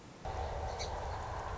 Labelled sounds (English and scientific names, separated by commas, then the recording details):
Song Sparrow (Melospiza melodia)
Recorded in Sonoma County, California